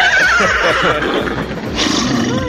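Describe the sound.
A person imitates a horse whinny: a loud, quavering, high-pitched neigh that wavers and breaks, followed by rough, throaty snorting sounds, with no other voices.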